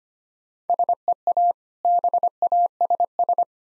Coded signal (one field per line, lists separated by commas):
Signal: Morse code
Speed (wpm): 25 wpm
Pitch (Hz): 700 Hz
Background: none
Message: SEA BASS